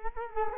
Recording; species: mosquito wingbeat signal from an infrared sensor; Culex quinquefasciatus